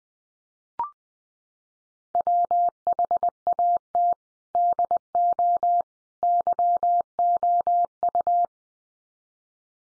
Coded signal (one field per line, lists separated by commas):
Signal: Morse code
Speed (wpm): 19 wpm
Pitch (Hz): 700 Hz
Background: none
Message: WHAT DO YOU